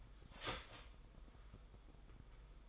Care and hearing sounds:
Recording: daily activity, microphone in the room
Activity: start toaster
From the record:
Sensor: 5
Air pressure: 990.8 hPa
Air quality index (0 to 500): 146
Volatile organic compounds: 134 ppm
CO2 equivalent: 3949 ppm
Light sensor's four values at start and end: 39/121/46/49 and 39/121/46/49

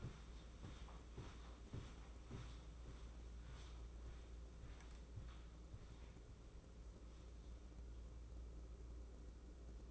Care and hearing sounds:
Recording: daily activity, microphone in the room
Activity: walk to room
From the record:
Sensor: 1

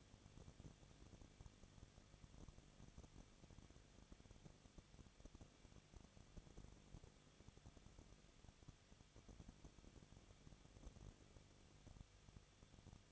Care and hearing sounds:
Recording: daily activity, microphone in the room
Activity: no activity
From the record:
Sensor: 4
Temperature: 23.1 degrees Celsius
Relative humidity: 34.0%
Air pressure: 1007.1 hPa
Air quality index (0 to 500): 217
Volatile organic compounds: 15 ppm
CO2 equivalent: 2509 ppm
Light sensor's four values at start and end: 2/3/1/1 and 2/3/1/1

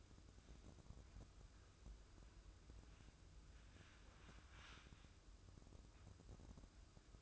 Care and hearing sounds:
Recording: daily activity, microphone in the room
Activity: wipe stove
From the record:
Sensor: 2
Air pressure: 995.9 hPa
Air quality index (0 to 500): 90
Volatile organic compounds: 4 ppm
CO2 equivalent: 1654 ppm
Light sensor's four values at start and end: 22/74/29/27 and 22/74/29/27

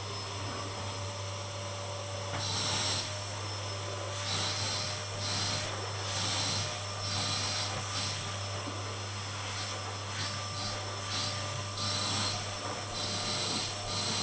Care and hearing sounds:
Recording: daily activity, microphone in the room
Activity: vacuum cleaning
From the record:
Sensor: 4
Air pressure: 1000.9 hPa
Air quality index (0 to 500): 138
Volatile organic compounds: 2 ppm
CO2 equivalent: 1024 ppm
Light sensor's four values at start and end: 26/62/26/28 and 27/64/27/29

